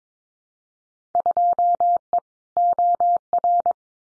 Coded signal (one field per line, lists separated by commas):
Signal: Morse code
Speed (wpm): 22 wpm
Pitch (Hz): 700 Hz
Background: none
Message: 2E OR